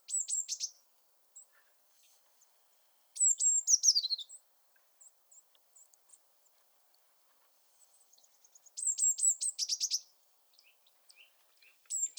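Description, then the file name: Eurasian blue tit repeating high, thin calls with rapid descending churring trills at irregular intervals, interspersed with scattered soft high ticks and chips. "Cyanistes caeruleus"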